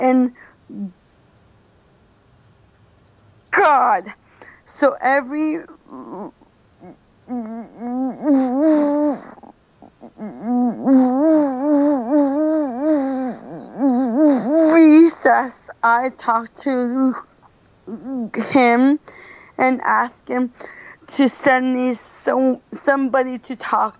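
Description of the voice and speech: Halting speech from an adult woman with stretched sounds, long silent blocks and a part-word repeat ('so- somebody'): stuttering, present since she started talking. She has had speech therapy, where she was taught to speak slower and blend words together.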